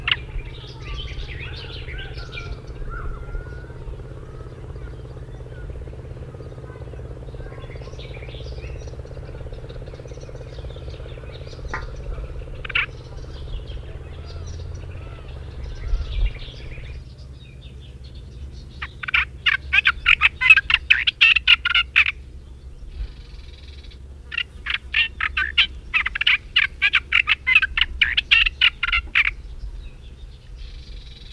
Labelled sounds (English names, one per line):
Olive-tree Warbler song